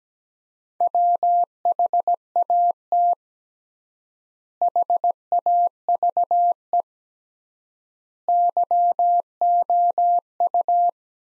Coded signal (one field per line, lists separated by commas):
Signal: Morse code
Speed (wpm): 17 wpm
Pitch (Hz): 700 Hz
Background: none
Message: WHAT HAVE YOU